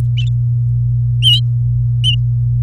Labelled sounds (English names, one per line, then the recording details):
Domestic Canary song
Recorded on 4 May 2018 at 08:29
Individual llb16